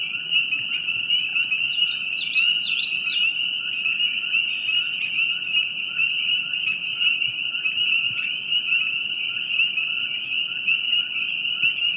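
Frogs calling in a dense, unbroken high trilling chorus that holds steady throughout, with a burst of chirping notes around two to three seconds.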